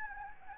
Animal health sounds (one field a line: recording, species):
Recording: mosquito wingbeat signal from an infrared sensor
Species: Anopheles gambiae